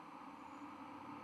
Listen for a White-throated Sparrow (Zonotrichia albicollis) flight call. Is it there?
no